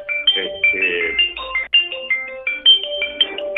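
mobile phone ringing

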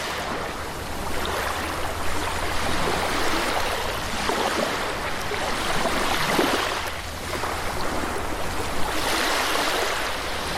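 sea waves and surf

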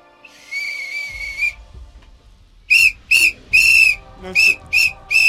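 whistle blowing

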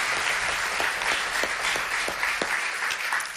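audience applause

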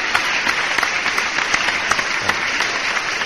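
applause

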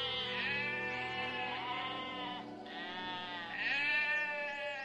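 pyrenean ibex bleating

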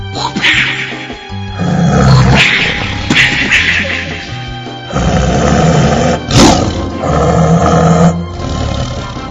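tigers roaring

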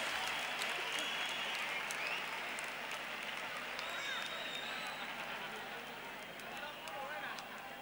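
audience applause

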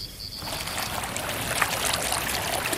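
river water flowing

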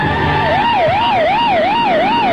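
police car sirens approaching

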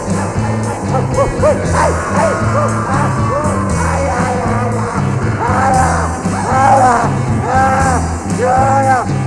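dogs barking

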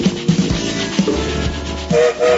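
train whistle

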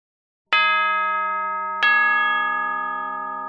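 school bell ringing

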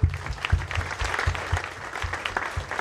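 audience applause

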